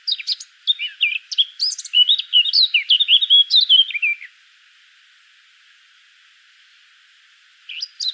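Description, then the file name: Eurasian blackcap delivering a quick chattering warble, followed by silence and the start of another phrase. "Sylvia atricapilla"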